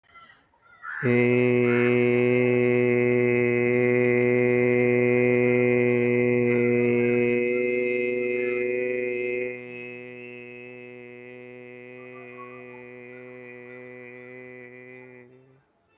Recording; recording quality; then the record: sustained vowel as in made; excellent, no background noise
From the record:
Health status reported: healthy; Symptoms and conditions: none ticked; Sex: male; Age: 26 years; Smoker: not ticked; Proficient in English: yes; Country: India